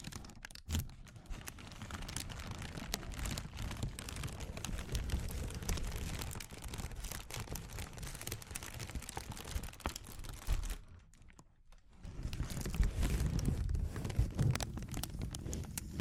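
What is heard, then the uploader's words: Dense, irregular crinkling rustles crackle almost nonstop, with a quieter gap near eleven seconds before the busy crinkling resumes with heavier low thumps. ASMR Sensitive Crinkles (No Talking).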